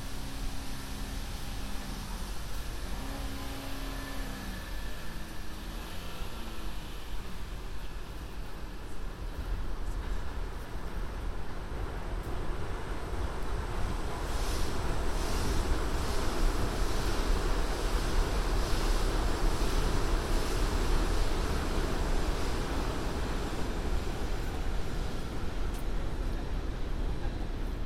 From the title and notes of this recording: A binaural field recording, walking up Broadway to the store and back. It was a rainy night, I had an umbrella, but there still is some wind noise in this recording.